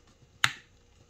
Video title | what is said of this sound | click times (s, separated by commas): Mcfarlane Toys - Blue Beetle & Booster Gold 2-Pack Action Figure Review | you hear that satisfying click | 0.4 s